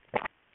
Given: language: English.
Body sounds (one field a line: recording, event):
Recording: throat vibration sensor signal played as sound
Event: swallow